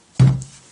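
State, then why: Not seated. The clear plastic top piece of a Speck SeeThru hard shell case is being handled onto the lid of a MacBook Air 11 to snap into place. A dull, low thunk at about 0.2 s rings briefly and fades over the next few tenths of a second, with a couple of faint ticks after it. Nothing has seated or clicked into place yet.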